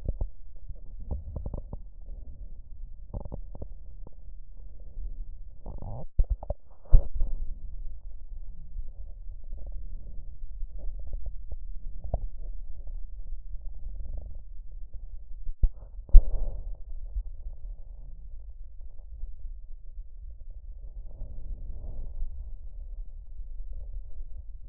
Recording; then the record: lung sounds by stethoscope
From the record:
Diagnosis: chronic bronchitis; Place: left posterior upper chest